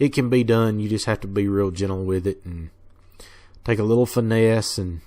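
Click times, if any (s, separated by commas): none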